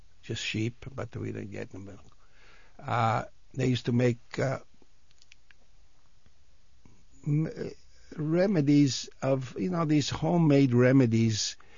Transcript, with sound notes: Just sheep, but we didn't get the milk. They used to make (he pauses) remedies of, you know, these home made remedies.